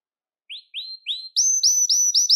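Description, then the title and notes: Belgian canary song: three short rising whistled notes, followed by louder, quicker repeated notes in a bright rhythmic series. "Canario Belga, nyonyastudio"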